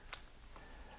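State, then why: Seated. A newly crimped wire terminal, pin 630, is pushed into its cavity in the C100 bulkhead connector of a 1987 Olds 442 wiring harness. One sharp, bright click is heard at 0.1 s, followed by a faint, softer sound at about 0.6 s. The terminal is seated in place.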